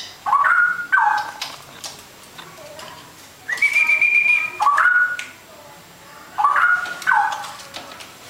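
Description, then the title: Oriental magpie-robin singing loud whistled phrases, some rising and some held, in separate bursts with brief quiet gaps and faint clicks between. "Kicau Kacer"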